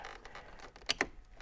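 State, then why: Seated. A 4-pin wiring harness connector is pushed onto the heater fan switch on a heater control unit. Two sharp clicks ring out at 0.9 s and 1.0 s over a few faint softer taps. The connector clicks in all the way and is locked.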